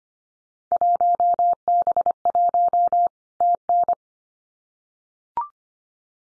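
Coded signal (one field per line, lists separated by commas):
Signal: Morse code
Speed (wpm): 25 wpm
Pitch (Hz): 700 Hz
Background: none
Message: 1B1 TN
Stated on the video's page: Field Day exchange head-copy drill at 25 wpm; each exchange sent in Morse, spoken, then sent again.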